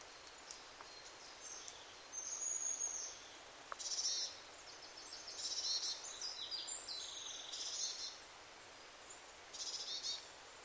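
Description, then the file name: Eurasian blue tit giving several high, buzzy churring bursts, with faint thin ticks between them over a soft hiss. "Cyanistes caeruleus"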